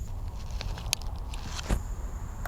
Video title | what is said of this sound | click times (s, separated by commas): Installing "Projector" Headlights on My 3rd Gen Honda Prelude // H4 Conversion | okay and then you should kind of just feel this tab click into place and now the bulb isn't going anywhere | 0.9 s